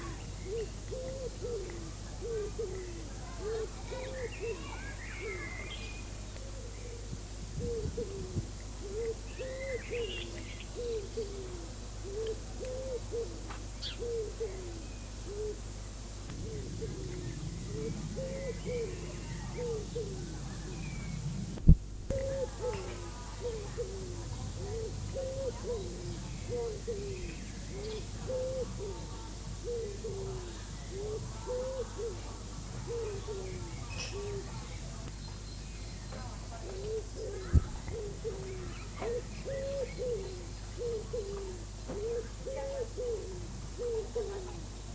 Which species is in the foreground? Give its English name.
Common Wood Pigeon